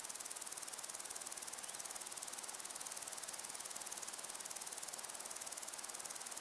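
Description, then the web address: Cricket chorus, a fast, even, high-pitched pulsing drone that never pauses, set against a soft steady hiss. Crickets and other insects in windy long grass. "beanstalk-audio Crickets and insects in windy long grass"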